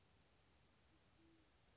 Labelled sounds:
Band-tailed Pigeon (Patagioenas fasciata)
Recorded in Sonoma County, California

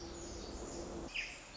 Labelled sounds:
Pacific Wren (Troglodytes pacificus)
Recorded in Sonoma County, California

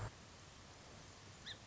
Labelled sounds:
Song Sparrow (Melospiza melodia)
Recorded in Sonoma County, California

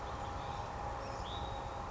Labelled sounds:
Hutton's Vireo (Vireo huttoni)
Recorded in Sonoma County, California

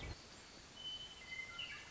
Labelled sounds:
Western Meadowlark (Sturnella neglecta)
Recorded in Sonoma County, California

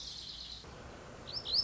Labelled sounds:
Lazuli Bunting (Passerina amoena)
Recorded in Sonoma County, California

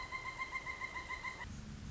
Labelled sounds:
Pileated Woodpecker (Dryocopus pileatus)
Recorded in Sonoma County, California

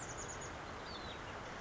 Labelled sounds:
Chestnut-backed Chickadee (Poecile rufescens)
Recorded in Sonoma County, California

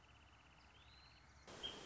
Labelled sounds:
Wrentit (Chamaea fasciata)
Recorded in Sonoma County, California

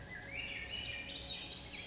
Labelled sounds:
Swainson's Thrush (Catharus ustulatus)
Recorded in Sonoma County, California

